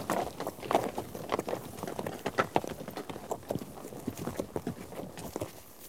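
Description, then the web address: Horse hoofbeats, a loose clattering rhythm of knocks that grows quieter toward the end. "The BBC Sound Effects Library Horses"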